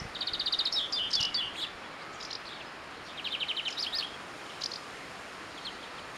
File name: Chloris chloris